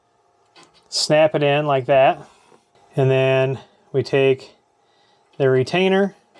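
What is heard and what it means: Someone talks while handling a rack stud and its plastic retainer at a server rack mounting rail, the stud having been angled into the rail's square hole and snapped in. The retainer is about to be pushed in to lock the stud in place, but nothing has seated or clicked yet.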